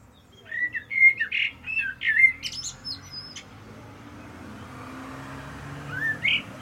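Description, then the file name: Common blackbird singing one mellow phrase of whistles that breaks into thin, high squeaks. A new phrase begins near the end. Soft low hum beneath. "Turdus merula"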